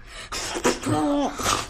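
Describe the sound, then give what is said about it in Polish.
A person imitates a snort with a few breathy, blustery bursts of air, briefly voiced in the middle, moderately loud and lasting under two seconds. “Parska.”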